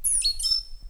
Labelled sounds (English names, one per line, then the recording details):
Stitchbird song
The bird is a male
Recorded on Tiritiri Matangi Island, New Zealand, in 2005
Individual 3, of nest box 3